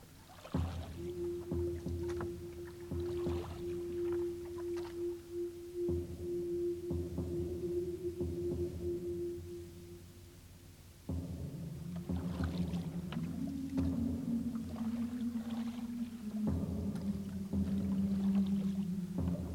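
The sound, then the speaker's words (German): A small boat moves across water with a steady low engine hum and throbbing, the tone shifting slightly midway, with faint splashes and knocks over the continuous drone. “Ein dünner Rumpf. Zwischen mir und dem Wasser.”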